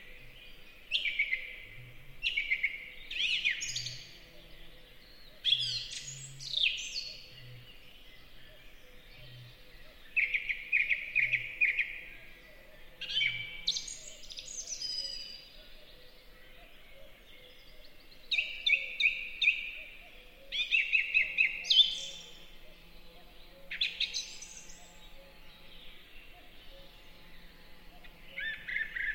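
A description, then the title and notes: A song thrush sings in bright, varied phrases, many repeated two or three times, with short pauses between bursts throughout. Beneath it, a low soft hooting repeats steadily in the first half, and a faint low hum drifts in later. The song thrush is one of the great mood-setters of spring forest.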